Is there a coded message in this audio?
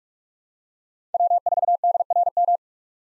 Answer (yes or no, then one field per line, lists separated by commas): yes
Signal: Morse code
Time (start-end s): 1.1-2.6 s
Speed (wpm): 44 wpm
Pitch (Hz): 700 Hz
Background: none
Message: W4DRM